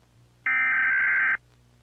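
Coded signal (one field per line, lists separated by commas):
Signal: Emergency Alert System (SAME) tones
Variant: header bursts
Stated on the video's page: Simulated, fictional EAS scenario alert.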